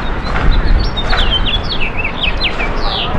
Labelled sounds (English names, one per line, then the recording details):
House Finch song
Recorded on Long Island, New York, on 17 May 2012
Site LB
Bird A